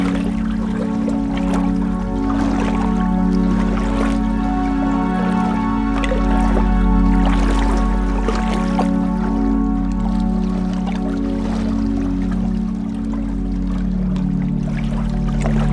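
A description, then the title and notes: Water laps and trickles along a lake shore, with small splashes arriving every second or so, a few louder around seven to eight seconds. Beneath it runs a constant low droning hum with steady tones, like an engine or machinery idling throughout. Standing on the Lake Shore.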